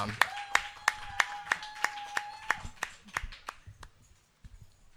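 Audience applause at a poetry slam for the next poet, sounding as a steady run of about a dozen sharp, evenly spaced claps, with a thin sustained tone beneath for the first half, tapering off into quiet near the end.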